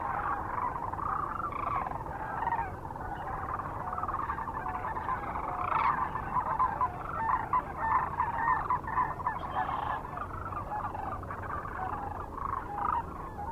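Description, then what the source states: Sandhill Cranes, a flock giving continuous rolling, bugling calls, many birds calling at once, louder through the middle. Recorded near Kearney, Nebraska, on 9 March 2004.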